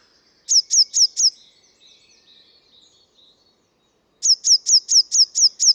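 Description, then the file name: Eurasian blue tit uttering a short burst of high, sharp, down-slurred notes, then faint twittering, then a longer burst of several identical sharp notes. "Cyanistes caeruleus"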